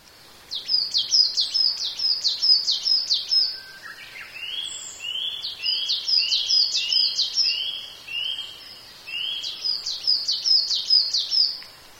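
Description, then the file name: Japanese tit giving three bursts of rapid, high, slurred chips, with drawn-out lower notes mixed into the second and third bursts. "shijukara"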